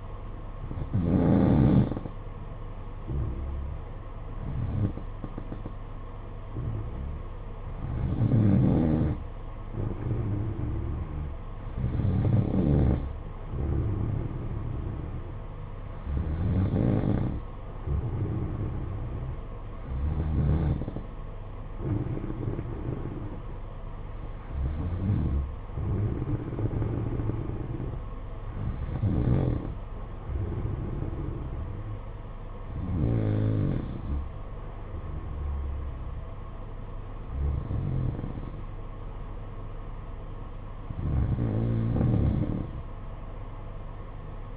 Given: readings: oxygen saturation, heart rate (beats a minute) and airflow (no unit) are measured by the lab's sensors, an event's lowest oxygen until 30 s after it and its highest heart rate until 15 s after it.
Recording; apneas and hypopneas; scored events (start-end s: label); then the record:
breathing in sleep by a smartphone at the bedside; none
none scored
From the record:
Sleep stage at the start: N2 (light sleep); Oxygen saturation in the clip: 92 to 93%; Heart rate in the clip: 53 to 57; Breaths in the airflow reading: 11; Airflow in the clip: -6.2 to 7.1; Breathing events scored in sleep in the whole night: 476 in 9.7 hours asleep